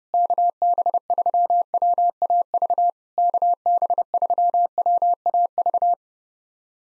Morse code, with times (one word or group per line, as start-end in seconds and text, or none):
0.1-2.9 KB3WAV
3.2-5.9 KB3WAV